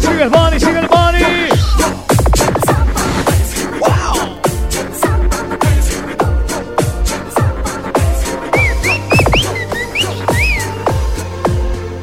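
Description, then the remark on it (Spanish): A person whistles a short, bright melody with quick rising and falling notes, heard over a steady backing of rhythmic drums and music. “La liga, solamente la liga, me han dicho que los hombres, bien hombres, son la liga y saben silbar así.”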